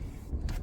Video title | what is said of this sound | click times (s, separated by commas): Installing the Likewise RLX Reverse Lockout on the GR Corolla | these clips don't always want to pop in but once you hear that little click | 0.5 s